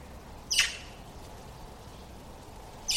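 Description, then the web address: Bird giving two quick, sharp notes, one near the start and another at the very end, separated by quiet hiss. "cianscape birddata Deverinetal"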